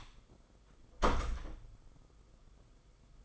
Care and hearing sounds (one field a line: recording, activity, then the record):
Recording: daily activity, microphone in the room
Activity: close door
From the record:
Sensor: 5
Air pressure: 990.6 hPa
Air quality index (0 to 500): 152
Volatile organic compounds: 176 ppm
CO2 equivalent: 4129 ppm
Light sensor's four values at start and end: 27/64/26/29 and 26/62/26/28